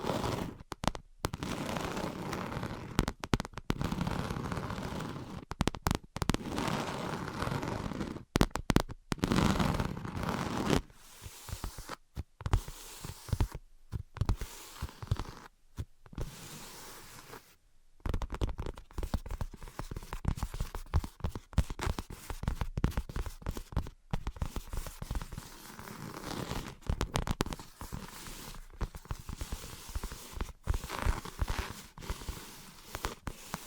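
Invisible tapping and scratching runs densely through the whole half-minute, a crackly stream of quick, irregular taps and rough scrapes. Brief gaps of near-silence break it up often. Around the ten-second mark the texture thins, then the busy scratching returns and continues to the end.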